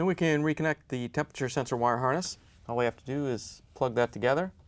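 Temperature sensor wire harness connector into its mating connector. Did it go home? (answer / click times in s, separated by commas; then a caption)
no / none. A man talks while a Samsung washer's temperature sensor wire harness connector is being handled by hand for plugging into its mating connector, the plastic connector halves meant to lock into place for a good connection. The clip is almost entirely speech, with no distinct click heard. Nothing has seated or clicked yet.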